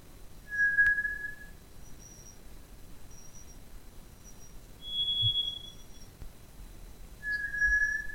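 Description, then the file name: White's thrush song: long, thin, pure whistles, a lower note, then a higher one, then the lower again, separated by several seconds of quiet; faint high tones in background. "トラツグミ"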